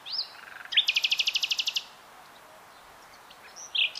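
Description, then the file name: Common nightingale song, a whistled opening followed by a rapid, evenly repeated run of loud notes, then a pause and a final note. "Luscinia megarhynchos"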